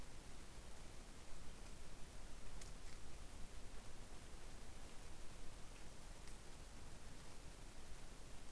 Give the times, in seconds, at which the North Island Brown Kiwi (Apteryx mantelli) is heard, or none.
none